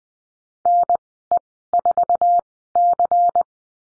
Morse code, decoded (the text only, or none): NE4C